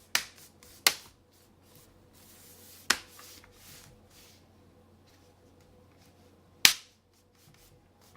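The plastic screen bezel of an HP ProBook 450 G3 laptop is pressed around the laptop lid so its clips snap in. Four loud, sharp snaps ring out at about 0.2, 0.9, 2.9 and 6.7 seconds, with quiet handling noise in between, and the last snap is the loudest. The bezel clips are seated.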